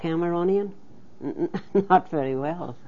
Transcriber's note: she laughs